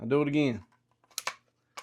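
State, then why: Seated. Someone talks, then a 12-gauge ACE-R shotgun barrel is fitted into the receiver again and pushed forward a hair, giving a sharp click at 1.2 s, with further faint clicks around it and another at 1.8 s. The barrel clicks home and stays in place, seated.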